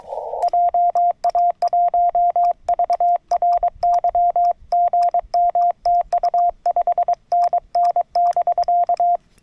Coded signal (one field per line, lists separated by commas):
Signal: Morse code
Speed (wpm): 23 wpm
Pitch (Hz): 700 Hz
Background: radio noise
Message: JA1VRY GM TU 5NN <BK>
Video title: 三脚を使用しない自立型RHM12/ FTX-1F 10W/ 福島県霊山 登山移動運用/ SOTA POTA Activation at Ryozen Prefectural Nature Park